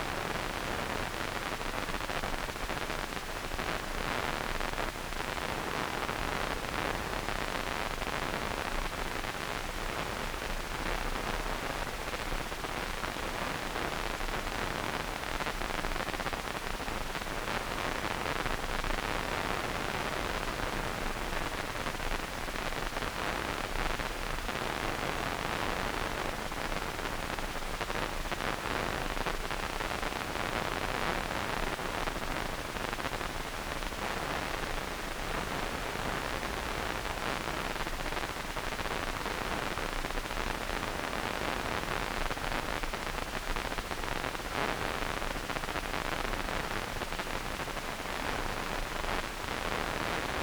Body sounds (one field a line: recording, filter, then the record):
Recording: brain microelectrode recording played as sound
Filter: wide band, above 20 Hz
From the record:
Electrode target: subthalamic nucleus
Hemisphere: right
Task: reaching with the left hand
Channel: 2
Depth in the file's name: 1.506 mm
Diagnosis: Parkinson's disease